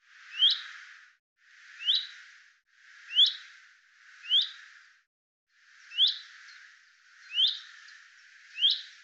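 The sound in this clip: Common chaffinch calls: a short, sharp rising note repeated seven times.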